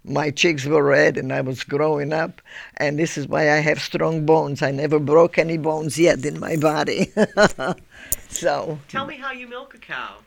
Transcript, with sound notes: My cheeks were red and I was growing up. And this is why I have strong bones. I never broke any bones yet in my body, (she laughs)
Tell me how you milk a cow.